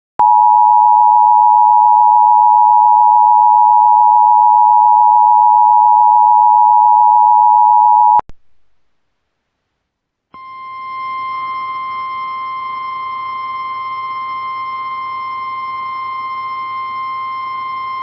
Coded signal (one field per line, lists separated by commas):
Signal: Emergency Alert System (SAME) tones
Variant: 853 and 960 Hz attention tone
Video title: Eas tornado warning on Jax PBS (catastrophic failure and eas 97)